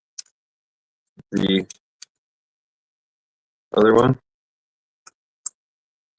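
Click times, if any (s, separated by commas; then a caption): none. Someone talks while trying to fit a second machined baffle into a baffle core, with short sharp taps and ticks scattered between the speech. The baffle doesn't fit right, and nothing has seated or clicked into place.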